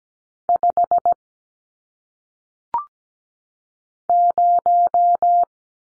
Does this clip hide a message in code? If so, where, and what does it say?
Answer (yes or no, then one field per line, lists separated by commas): yes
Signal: Morse code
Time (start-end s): 0.5-5.4 s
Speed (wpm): 17 wpm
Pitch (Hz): 700 Hz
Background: none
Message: 5 0